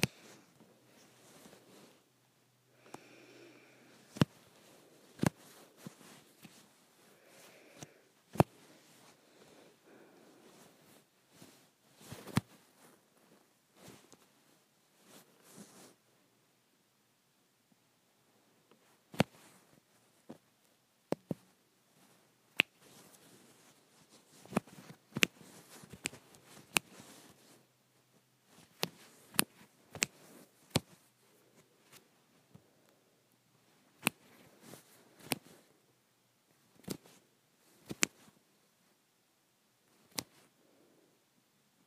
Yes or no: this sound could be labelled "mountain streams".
no